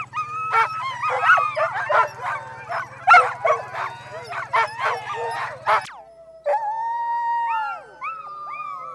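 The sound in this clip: Siberian Husky yipping and whining in rapid, irregular bursts with sharp barks for six seconds, then breaking into wavering, rising and falling howls; a low steady hum underneath at first.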